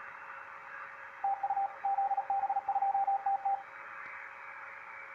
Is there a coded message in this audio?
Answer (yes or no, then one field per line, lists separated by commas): yes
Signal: Morse code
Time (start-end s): 1.2-3.5 s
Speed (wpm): 36 wpm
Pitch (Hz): 790 Hz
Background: radio noise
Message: TU ZB2TT